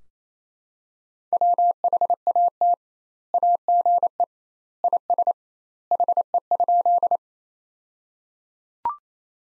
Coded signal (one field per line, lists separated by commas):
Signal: Morse code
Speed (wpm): 27 wpm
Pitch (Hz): 700 Hz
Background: none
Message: WHAT AGE IS HE?